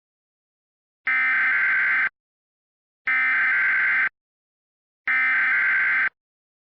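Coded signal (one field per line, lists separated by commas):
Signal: Emergency Alert System (SAME) tones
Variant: header bursts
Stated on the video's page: Mock EAS alert for a nuclear meltdown, not a real broadcast.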